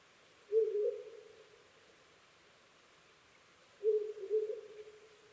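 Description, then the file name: Owl hooting: two low, steady hoots about three seconds apart, each starting loud and trailing off over roughly a second, with a quiet background. Recorded 5 May 2011 at 04:06. "fukurou 20110505-0406"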